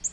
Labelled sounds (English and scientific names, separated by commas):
Nashville Warbler (Leiothlypis ruficapilla) flight call